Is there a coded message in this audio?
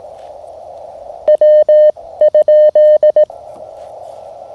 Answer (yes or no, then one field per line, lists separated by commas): yes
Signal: Morse code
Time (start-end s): 1.3-3.2 s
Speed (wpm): 18 wpm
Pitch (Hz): 1800 Hz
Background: none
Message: W?